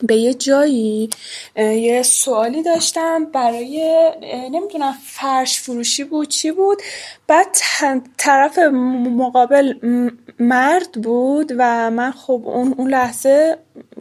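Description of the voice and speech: An adult man speaking Persian with stuttering. He has stuttered since childhood, attributed to damage to the speech area of the brain. Therapy has made it milder but has not resolved it. His speech has prolonged sounds, a word repetition and broken pauses.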